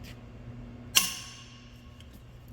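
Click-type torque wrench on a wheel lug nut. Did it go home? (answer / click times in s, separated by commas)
yes / 1.0 s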